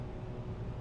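A winter bicycle tire with a tube is worked onto a wheel rim, its bead being handled toward the rim. Only a steady, low broadband rumble is heard through the 0.8 seconds, with no sharp sounds. Nothing has seated or popped into place yet.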